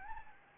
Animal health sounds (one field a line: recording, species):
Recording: mosquito wingbeat signal from an infrared sensor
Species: Anopheles gambiae